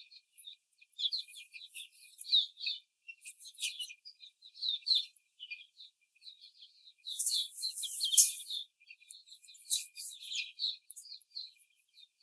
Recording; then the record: young laying hens in a cage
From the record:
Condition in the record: before the stressor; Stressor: simulated dog barking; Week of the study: 4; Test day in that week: 3